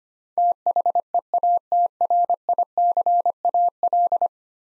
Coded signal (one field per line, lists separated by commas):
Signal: Morse code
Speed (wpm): 25 wpm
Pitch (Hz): 700 Hz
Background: none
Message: THEATRICAL